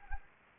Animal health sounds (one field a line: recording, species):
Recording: mosquito wingbeat signal from an infrared sensor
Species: Anopheles gambiae